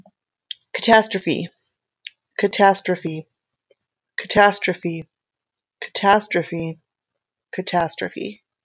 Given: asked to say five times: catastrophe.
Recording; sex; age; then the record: repeated word; female; 50 to 59 years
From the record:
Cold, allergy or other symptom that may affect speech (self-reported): no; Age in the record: 50 years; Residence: Minnesota, United States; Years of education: 17